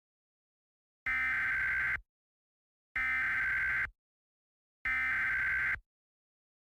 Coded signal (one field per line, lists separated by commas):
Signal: Emergency Alert System (SAME) tones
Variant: header bursts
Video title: Green Virus Part III (+ The Frustrated Kitty, MistfulSkye, Dark Deception Gamer) (EAS Scenario)